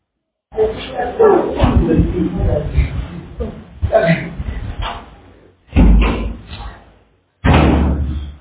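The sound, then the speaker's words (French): Muffled talking and shuffling give way to a door being shut, two heavy, booming thuds that land a couple of seconds apart, each cutting off abruptly. “Donc, ici, fermez la porte.”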